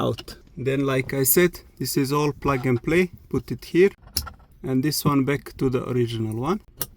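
A FITCAMX plug-and-play OEM 4K dash cam's harness connector is handled in a Mercedes, being brought to the car's original overhead console wiring plug (plastic housings) to be pushed in until it latches. Someone talks throughout, with faint handling sounds between words. Nothing has seated or clicked yet.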